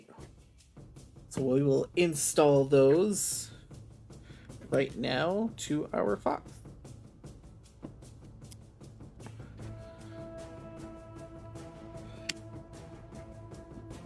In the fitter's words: I'm gonna I'm going to do this closer to the microphone because these are making nice clicks.